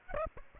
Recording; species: mosquito wingbeat signal from an infrared sensor; Aedes aegypti